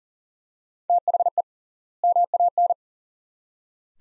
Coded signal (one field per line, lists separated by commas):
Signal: Morse code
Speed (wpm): 40 wpm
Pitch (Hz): 700 Hz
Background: none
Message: THE MAN